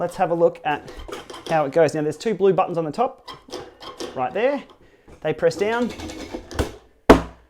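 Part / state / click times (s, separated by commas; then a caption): height-adjustment latch of an adjustable fitness desk column / seated / 7.1 s. Someone talks while pressing down the two blue buttons on top of a Wahoo KICKR Fitness Desk column and moving it to adjust the height. The desk's height-adjustment latch locks into place with a loud, sharp hit at 7.1 s.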